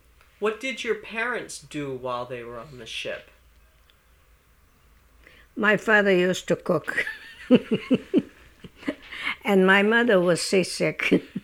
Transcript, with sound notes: What did your parents do while they were on the ship?
My father used to cook. ( she laughs ) And my mother was seasick.